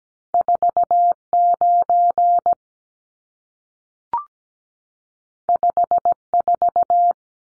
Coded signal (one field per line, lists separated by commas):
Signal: Morse code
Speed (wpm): 17 wpm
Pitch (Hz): 700 Hz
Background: none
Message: 49 54